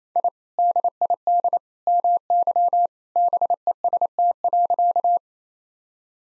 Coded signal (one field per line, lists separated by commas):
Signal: Morse code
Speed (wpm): 28 wpm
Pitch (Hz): 700 Hz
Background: none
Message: I DID MY BEST.